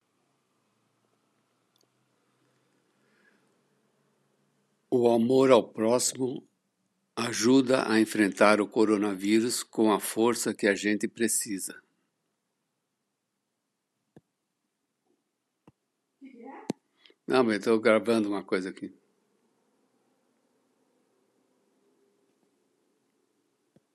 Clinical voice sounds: spoken sentence; Brazilian Portuguese; male; 70 to 79 years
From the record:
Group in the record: control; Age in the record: 73 years

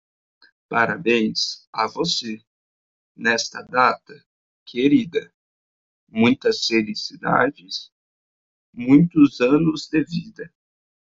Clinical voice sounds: short text; Brazilian Portuguese; male; 20 to 29 years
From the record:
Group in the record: control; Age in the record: 20 years

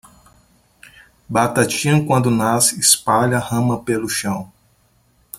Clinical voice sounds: short text; Brazilian Portuguese; male; 40 to 49 years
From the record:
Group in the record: control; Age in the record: 40 years

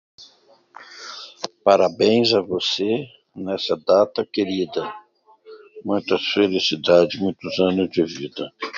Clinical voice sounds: short text; Brazilian Portuguese; male; 60 to 69 years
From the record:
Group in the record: control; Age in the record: 62 years

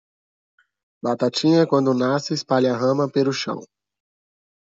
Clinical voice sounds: short text; Brazilian Portuguese; male; 30 to 39 years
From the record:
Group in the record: control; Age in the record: 36 years

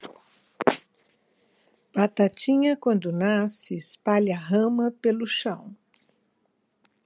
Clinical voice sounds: short text; Brazilian Portuguese; female; 60 to 69 years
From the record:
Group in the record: control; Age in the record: 66 years

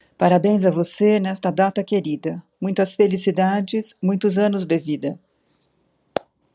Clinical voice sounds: short text; Brazilian Portuguese; female; 50 to 59 years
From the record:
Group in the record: control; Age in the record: 56 years

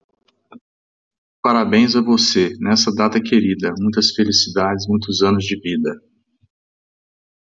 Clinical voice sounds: short text; Brazilian Portuguese; male; 50 to 59 years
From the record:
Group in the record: control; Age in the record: 53 years

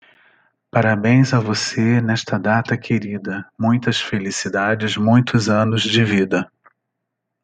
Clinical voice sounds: short text; Brazilian Portuguese; male; 50 to 59 years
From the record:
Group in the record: control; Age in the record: 53 years

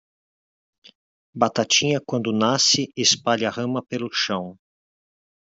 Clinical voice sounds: short text; Brazilian Portuguese; male; 50 to 59 years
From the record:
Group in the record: control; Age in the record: 57 years

